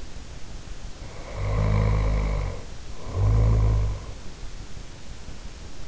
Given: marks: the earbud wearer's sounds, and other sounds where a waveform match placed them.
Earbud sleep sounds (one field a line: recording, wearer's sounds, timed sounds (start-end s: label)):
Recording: sounds in sleep by an in-ear microphone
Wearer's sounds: snoring breath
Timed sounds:
1.07-4.19 s: snoring breath